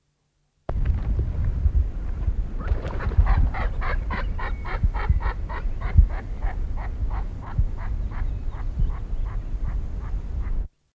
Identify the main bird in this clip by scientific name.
Anas bahamensis